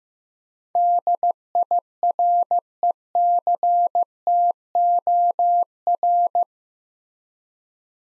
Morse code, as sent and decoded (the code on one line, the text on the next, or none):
-.. .. .-. . -.-. - --- .-.
DIRECTOR